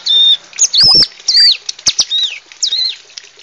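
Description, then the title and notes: Bar-winged prinia song of high, slurred whistled notes, some rising then falling, interspersed with sharp clicks and brief chirps. Vigorously singing adult and young birds. "Kicau Ciblek. putri sherin. suara burung ciblek gacor dan anakan"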